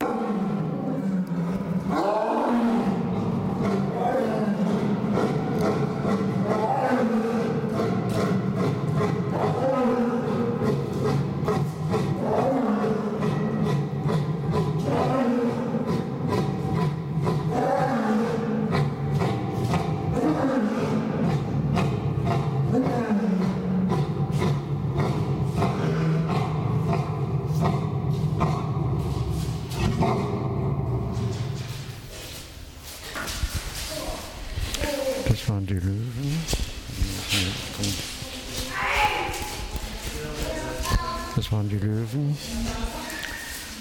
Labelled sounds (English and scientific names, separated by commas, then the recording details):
Lion (Panthera leo) call
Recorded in captivity
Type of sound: call
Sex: pair
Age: adult
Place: Zoo Halle, Sachsen-Anhalt, DE
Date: 1997-03-22 16:10
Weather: Schnee bis Regen, um 0°C
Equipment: Sony MD-WM MZ-R3, Sennheiser MKH 416 T, Kopie Uher 4000 Report Monitor
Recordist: Tembrock, Günter
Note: Männchen mit Rufreihe, Weibchen fällt ein